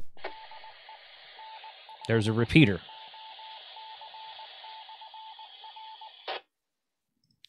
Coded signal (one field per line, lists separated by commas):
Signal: Morse code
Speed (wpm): 19 wpm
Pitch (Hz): 880 Hz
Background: speech, radio noise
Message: DE N5EOC/R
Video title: Wouxun REVEALS the KG-UV8H Dual Band 8-watt HT Radio